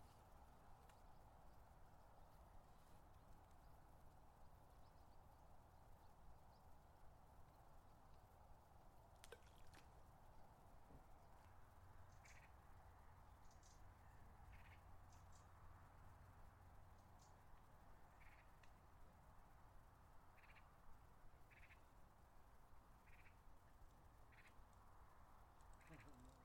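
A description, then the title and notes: A quiet canal-side scene with a steady low murmur and a soft mid-pitched wash that never lets up. Short, bright chirps from house martins overhead come every second or two, thickest in the second half, sounding faint and distant. A mellow moment beside a sleepy Somerset canal. It's a lazy September afternoon on a Somerset canal. The last of summer's house martins are hawking for small insects high above. Recorded and presented by Hannah Tribe.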